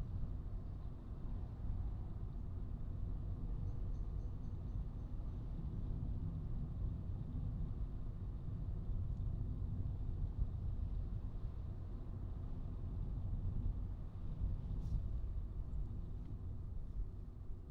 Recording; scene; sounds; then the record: everyday scene through a hearing-aid microphone; in a vehicle; engine, highway traffic jam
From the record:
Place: Skoda Fabia, gasoline engine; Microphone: in the ear canal, right